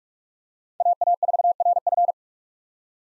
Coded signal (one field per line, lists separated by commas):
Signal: Morse code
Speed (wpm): 41 wpm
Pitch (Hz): 700 Hz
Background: none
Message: AA4RF